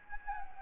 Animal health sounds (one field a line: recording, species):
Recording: mosquito wingbeat signal from an infrared sensor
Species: Anopheles gambiae